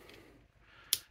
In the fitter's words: and it just snaps right into that port